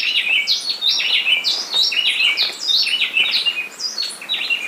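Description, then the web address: Gray-breasted wood-wren singing rich, rapid whistled phrases, the notes jumping up and down in quick tumbling runs without pause. Recorded in the Mindo-Tandayapa area, Ecuador. "S America Birds of Ecuador. Gray-breasted Wood-Wren (Mindo-Tandayapa)"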